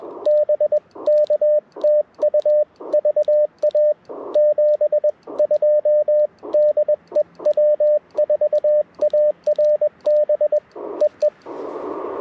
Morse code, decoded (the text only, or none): BK TU VA 72 DE W4ARB EE